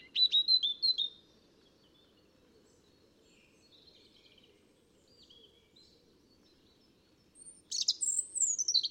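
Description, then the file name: European robin phrases: high warbled notes at the start, faint thin whistles in the middle, then a loud sliding, descending trill at the end, over a low steady hum. "Erithacus rubecula"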